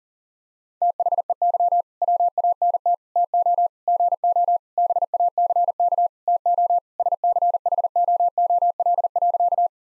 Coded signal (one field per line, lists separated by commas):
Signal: Morse code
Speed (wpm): 40 wpm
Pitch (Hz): 700 Hz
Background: none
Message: THEY WANT TO GO BACK TO SCHOOL.